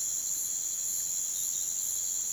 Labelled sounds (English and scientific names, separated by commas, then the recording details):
none
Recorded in pastures near Puerto Asís, Putumayo, Colombia, on 27 June 2025 at 05:00
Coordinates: 0.486, -76.323
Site H29